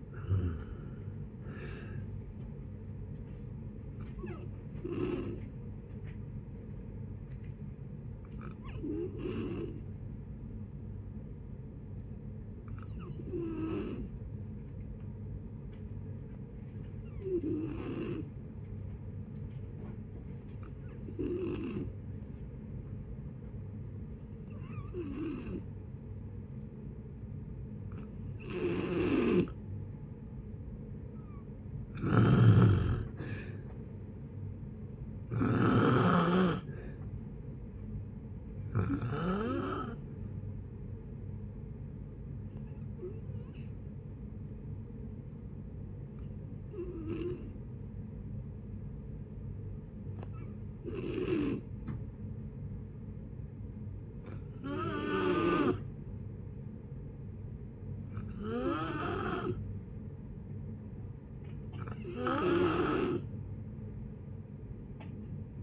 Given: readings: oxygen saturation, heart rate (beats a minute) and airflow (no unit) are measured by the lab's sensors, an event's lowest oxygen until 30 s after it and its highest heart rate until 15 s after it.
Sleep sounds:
breathing in sleep by a smartphone at the bedside; 2
11.00-41.00 s: new sleep stage, N1 (lightest sleep)
12.00-27.80 s: hypopnea (N1, oxygen 95% highest, then 87% lowest, heart rate 59 at the start, 67 highest)
41.00-65.63 s: new sleep stage, N2 (light sleep)
43.00-61.40 s: hypopnea (N2, oxygen 94% highest, then 89% lowest, heart rate 62 at the start, 67 highest)
From the record:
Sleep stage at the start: N2 (light sleep); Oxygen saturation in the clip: 85 to 95%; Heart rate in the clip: 57 to 79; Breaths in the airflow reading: 17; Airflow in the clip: -7.8 to 6.4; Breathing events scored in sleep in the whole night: 496 in 5.4 hours asleep

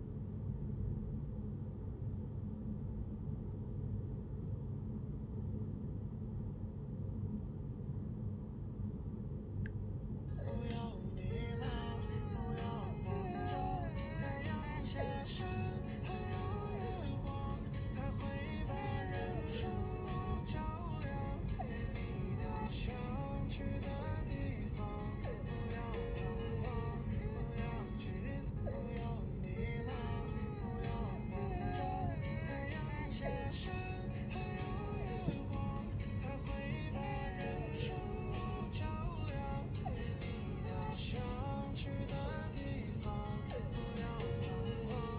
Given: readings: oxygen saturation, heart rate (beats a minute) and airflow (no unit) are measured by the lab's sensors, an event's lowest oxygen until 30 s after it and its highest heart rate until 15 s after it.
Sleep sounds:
a person awake in a sleep study, by a smartphone at the bedside; none
0.00-45.19 s: awake
From the record:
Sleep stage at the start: awake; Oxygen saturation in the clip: 95 to 96%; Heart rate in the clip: 74 to 78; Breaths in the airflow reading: 12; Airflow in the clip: -3.3 to 4.2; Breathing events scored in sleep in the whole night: 131 in 7.2 hours asleep

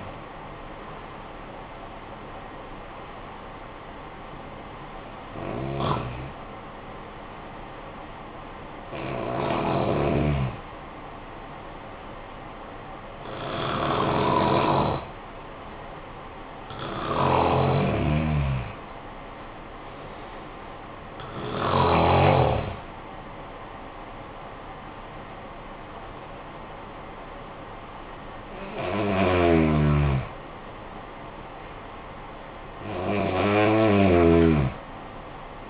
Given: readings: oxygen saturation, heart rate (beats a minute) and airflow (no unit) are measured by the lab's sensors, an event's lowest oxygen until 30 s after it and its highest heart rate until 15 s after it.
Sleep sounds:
breathing in sleep by a voice recorder at the bedside; 1
4.00-16.70 s: hypopnea (N1, oxygen 97% highest, then 93% lowest, heart rate 71 at the start, 78 highest)
From the record:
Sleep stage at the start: N1 (lightest sleep); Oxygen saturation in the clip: 92 to 97%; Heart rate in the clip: 52 to 78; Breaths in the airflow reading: 9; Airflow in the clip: -10.9 to 11.3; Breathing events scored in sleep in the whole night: 445 in 7.6 hours asleep

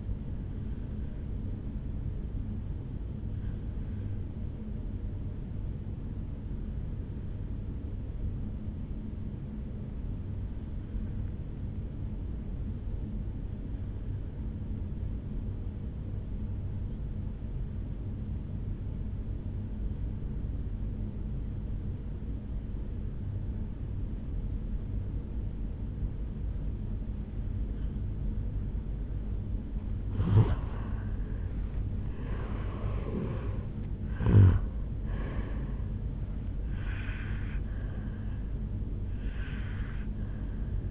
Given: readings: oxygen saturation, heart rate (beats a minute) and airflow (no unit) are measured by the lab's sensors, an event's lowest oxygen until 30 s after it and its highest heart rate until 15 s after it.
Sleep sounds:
breathing in sleep by a smartphone at the bedside; 1
8.00-29.90 s: obstructive apnea (N1, oxygen 96% highest, then 85% lowest, heart rate 56 at the start, 76 highest)
From the record:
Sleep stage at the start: N1 (lightest sleep); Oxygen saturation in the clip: 86 to 96%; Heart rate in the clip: 56 to 76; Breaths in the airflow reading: 3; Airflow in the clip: -12.1 to 10.2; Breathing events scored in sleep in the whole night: 449 in 7.0 hours asleep

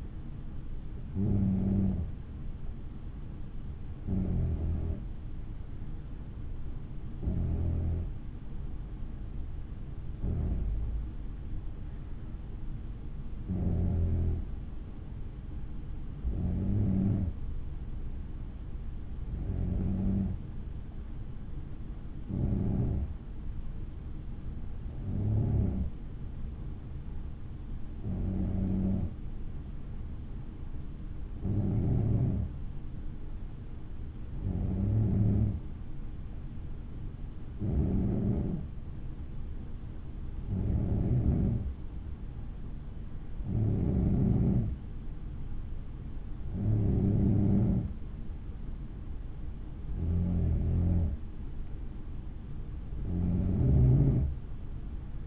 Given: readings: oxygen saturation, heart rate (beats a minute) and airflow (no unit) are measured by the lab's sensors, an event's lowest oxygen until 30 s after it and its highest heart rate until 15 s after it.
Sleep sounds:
breathing in sleep by a smartphone at the bedside; none
2.00-32.00 s: new sleep stage, N3 (deep sleep)
32.00-55.26 s: new sleep stage, N2 (light sleep)
From the record:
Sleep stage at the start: N2 (light sleep); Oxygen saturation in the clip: 92 to 94%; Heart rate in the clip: 57 to 61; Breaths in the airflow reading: 18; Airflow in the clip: -6.6 to 4.3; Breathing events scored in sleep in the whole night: 216 in 7.0 hours asleep

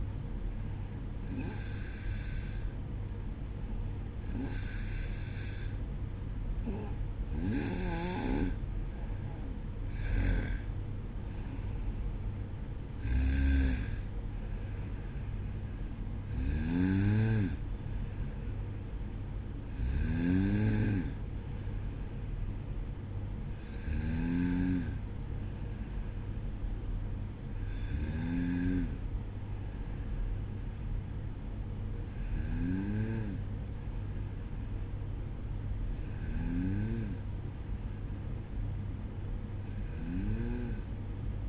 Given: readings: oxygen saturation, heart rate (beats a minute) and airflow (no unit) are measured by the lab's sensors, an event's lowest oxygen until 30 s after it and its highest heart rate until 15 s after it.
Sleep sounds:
breathing in sleep by a smartphone at the bedside; none
25.00-41.49 s: new sleep stage, N1 (lightest sleep)
From the record:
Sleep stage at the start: N2 (light sleep); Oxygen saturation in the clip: 91 to 95%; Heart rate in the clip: 58 to 65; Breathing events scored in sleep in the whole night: 305 in 9.6 hours asleep

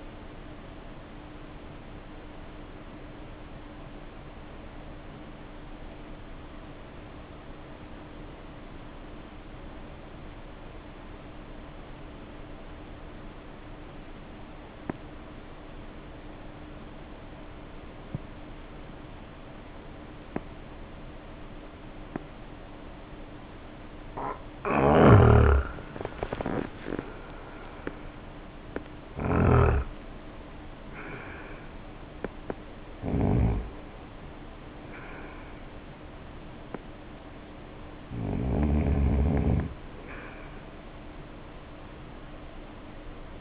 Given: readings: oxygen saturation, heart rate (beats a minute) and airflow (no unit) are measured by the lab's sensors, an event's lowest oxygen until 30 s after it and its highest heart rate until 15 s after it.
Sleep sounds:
breathing in sleep by a voice recorder at the bedside; 1
3.00-30.10 s: hypopnea (N2, oxygen 96% highest, then 82% lowest, heart rate 50 at the start, 65 highest)
25.00-43.41 s: new sleep stage, N1 (lightest sleep)
From the record:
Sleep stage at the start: N2 (light sleep); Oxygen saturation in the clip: 85 to 96%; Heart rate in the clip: 50 to 65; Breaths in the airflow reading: 15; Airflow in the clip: -0.6 to 0.7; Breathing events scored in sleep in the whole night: 520 in 7.2 hours asleep

